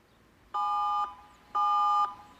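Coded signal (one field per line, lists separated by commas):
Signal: siren signal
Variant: Meerkat 4 electronic siren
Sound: electronic siren tone pulsing on and off, two half-second blasts with short gaps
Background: outdoor background hiss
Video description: Part 2 of 3 with the signal "TSUNAMI ALERT". Signal: Pulsating continuous tone Duration: 105 sec. Meaning: Danger of a tsunami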